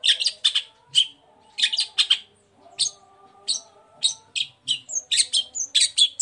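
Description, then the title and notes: Long-tailed shrike song of scratchy, buzzy notes in quick clusters separated by short gaps, with a faint low hum in the background. Bird singing in the morning with varied 'toet toet' notes, used as a lure to provoke other long-tailed shrikes into answering and singing along. "Langsung NYAUTTTTT ! Cendet Gacor Dor Di Kala Pagi Toet Toet Variasi Suara. Pancingan Emosi Cendet Gacor Full Variasi Toet Toet Bikin Nyaut Cendet Lain Langsung Ikutan Bunyi. Burung cendet"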